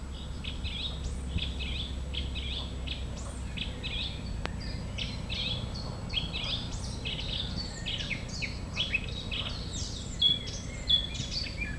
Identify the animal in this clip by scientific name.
Sylvia atricapilla